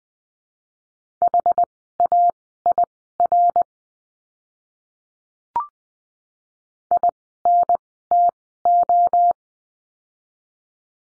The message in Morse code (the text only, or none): HAIR INTO